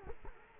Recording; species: mosquito wingbeat signal from an infrared sensor; Culex quinquefasciatus